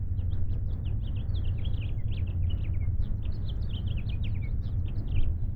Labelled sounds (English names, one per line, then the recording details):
House Finch song
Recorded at Oak Beach on Long Island, New York, on 21 May 1975
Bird A